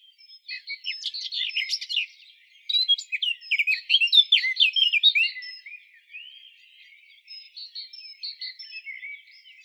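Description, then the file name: Eurasian blackcap in a rapid scratchy warble, with two louder bursts of quick chirps and whistles separated by a brief softer passage. "Sylvia atricapilla"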